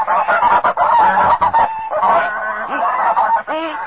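Loud, continuous goose honking fills the whole moment, a dense series of harsh, nasal calls overlapping in quick succession with no pauses.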